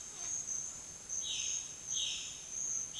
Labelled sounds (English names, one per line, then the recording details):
Violaceous Jay
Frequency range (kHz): Violaceous Jay 1.9-4.7 kHz
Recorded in secondary vegetation near Puerto Asís, Putumayo, Colombia, on 19 June 2025 at 10:30
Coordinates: 0.485, -76.322
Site GP06